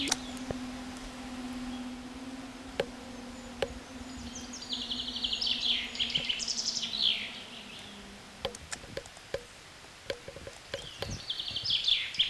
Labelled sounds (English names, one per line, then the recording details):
Common Chaffinch song
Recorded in the wild
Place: Oberstdorf, Bayern, DE
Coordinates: 47.3992, 10.2422
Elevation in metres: 995
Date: 1985-04-04
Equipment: Uher 4000 Report
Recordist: Tretzel, Erwin